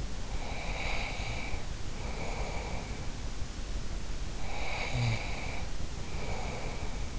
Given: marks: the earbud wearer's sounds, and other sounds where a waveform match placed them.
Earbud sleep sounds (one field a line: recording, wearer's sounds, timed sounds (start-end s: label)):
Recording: sounds in sleep by an in-ear microphone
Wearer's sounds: breath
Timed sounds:
0.29-3.26 s: breath
4.35-7.19 s: breath